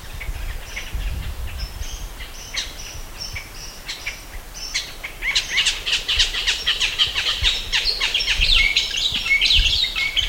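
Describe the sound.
Bird calling: sparse thin high whistles at first, then a dense, rapid series of chirps and squeaky notes through the second half.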